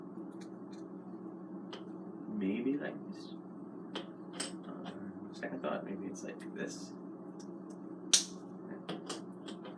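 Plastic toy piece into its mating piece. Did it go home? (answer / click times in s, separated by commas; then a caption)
yes / 8.1 s. Two plastic toy pieces from an unboxed figure set are pushed together while someone talks, with soft handling taps beforehand. At 8.1 seconds the piece snaps into its mating piece with a sharp, loud click, and the parts are seated.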